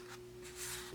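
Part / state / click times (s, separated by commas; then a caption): SD memory card into camera card slot / not seated / none. An SD memory card is handled at the card slot of a Canon EOS Rebel T8i camera, slanted corner toward the camera, with a steady pure tone around 350 Hz running throughout and soft broadband rustles near 0.1 s, 0.5 s and 0.6–0.8 s. No words are spoken, and nothing has seated or clicked yet.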